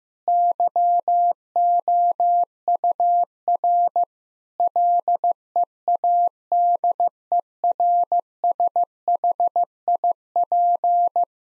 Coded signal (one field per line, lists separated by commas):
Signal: Morse code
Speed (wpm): 15 wpm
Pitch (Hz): 700 Hz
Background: none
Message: YOUR LEADERSHIP